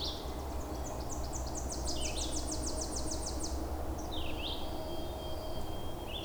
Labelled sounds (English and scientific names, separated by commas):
Red-eyed Vireo (Vireo olivaceus) song